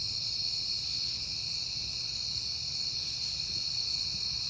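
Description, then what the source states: Many crickets chirping as one unbroken high shimmer, with a quiet low rumble in the background. Crickets recorded at night in September, on a peaceful night.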